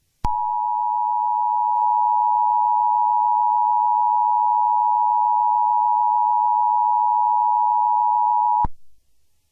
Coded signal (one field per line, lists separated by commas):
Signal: Emergency Alert System (SAME) tones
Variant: 853 and 960 Hz attention tone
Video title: (EAS RECREATION) An EAS Real Fire Warning for New Mexico